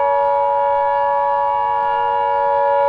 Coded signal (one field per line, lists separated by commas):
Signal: Emergency Alert System (SAME) tones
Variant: 853 and 960 Hz attention tone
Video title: EAS Mock: Atlantean portal